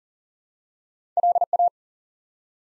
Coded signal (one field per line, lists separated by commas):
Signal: Morse code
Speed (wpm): 42 wpm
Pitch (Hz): 700 Hz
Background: none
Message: LA